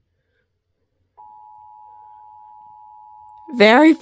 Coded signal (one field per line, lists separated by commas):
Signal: Emergency Alert System (SAME) tones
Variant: 853 and 960 Hz attention tone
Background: speech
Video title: EAS Scenario: 9/11 (NOT FOR YOUNG CHILDREN)